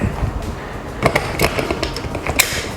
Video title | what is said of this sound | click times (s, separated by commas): GVM PRO SD200B Studio Light - Review | Just locks into place. | 2.4 s